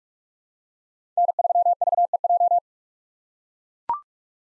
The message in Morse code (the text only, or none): N3VEJ